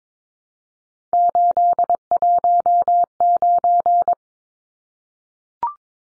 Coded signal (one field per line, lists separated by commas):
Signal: Morse code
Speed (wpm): 22 wpm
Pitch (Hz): 700 Hz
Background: none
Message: 819